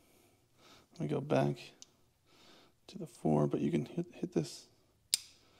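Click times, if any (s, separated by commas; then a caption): 5.1 s. Someone talks while returning the torque setting collar on a Pro Bike Tool T-handle torque tool to 4 Nm. The collar snaps and locks into the tool body with a loud, sharp click at 5.1 seconds, and it is seated at the 4 Nm setting.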